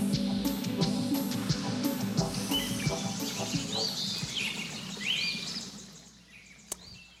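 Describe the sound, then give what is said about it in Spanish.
Birds sing in a run of quick, high chirps and rising whistles over a busy, rumbling low backdrop, growing clearer toward the end before a single sharp click. “En estos momentos usted está escuchando un sonido de pájaros y le agradecemos a nuestra queridísima Sol, que está en la cabina de operaciones para fondearnos con estos maravillosos sonidos de aves.”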